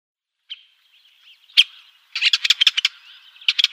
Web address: Schulze Peter Syrian Woodpecker calls